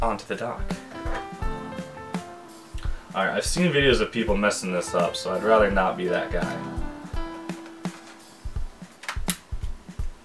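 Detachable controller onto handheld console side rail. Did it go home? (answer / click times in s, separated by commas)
yes / 9.3 s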